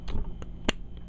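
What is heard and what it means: A removable plastic magazine clip is pulled out of the bazooka of an MG 1/100 RX-178 Gundam Mk.II Titans ver 2.0 HD Color model kit. Faint small plastic ticks at 0.1, 0.4 and 1.0 seconds surround one sharp, loud pop at 0.7 seconds as the clip comes free and is released from the bazooka.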